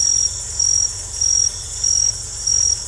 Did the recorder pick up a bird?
no